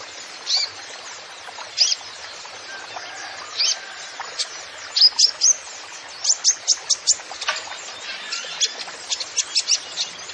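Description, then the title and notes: Kolibri Ninja song: bursts of high, sharp chirps separated by short pauses, becoming quicker and more clustered in the second half. Song with full isian (fill) phrases and tembakan (shot) style, in full song (gacor), used as masteran to train songbirds. "MASTERAN KOLIBRI NINJA FULL ISIAN DAN TEMBAKAN. Suara Burung Kolibri Ninja Gacor"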